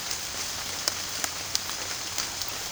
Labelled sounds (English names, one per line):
none